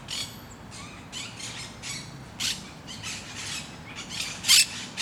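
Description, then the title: Parakeets giving shrill grating squawks in short bursts, one especially loud screech late on, little else audible. Recorded in Parc de Forest, Saint-Gilles, Belgium, with Sony PCM-D100 internal microphones in wide position. "Parc de Forest, 1060 Saint-Gilles, Belgique - Parakeets - Perruches"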